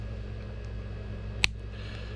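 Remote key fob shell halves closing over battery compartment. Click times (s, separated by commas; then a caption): 1.4 s. The two plastic halves of a 3-button remote head key shell for a 2015 Ford F-750 are squeezed together over the battery compartment after the battery is replaced and the rubber seal is checked. A single sharp snap comes at 1.4 s over a steady low hum. The shell halves are seated.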